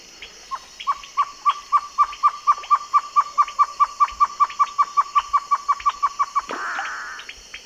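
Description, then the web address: Great antshrike song: a long series of even, hollow hooting notes running for about six seconds, ending in a harsh snarl, over a steady high drone. Song; eastern lowlands of South America. "Natures Songs S America Eastern Lowlands. Taraba major, song"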